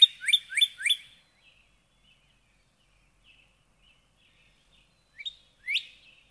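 Northern cardinal song: four quick rising whistles in a rapid run, a pause, then two more upslurred notes.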